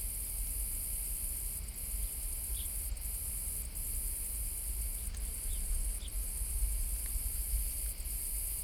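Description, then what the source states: Crickets giving a very high, thin continuous trill broken by occasional short gaps. Different types of crickets singing differently, Collserola natural park, during a heat wave, walking toward a pine wood; recorder with hypercardioid microphone.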